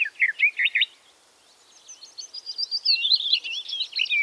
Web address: geluiden tuinfluiter zang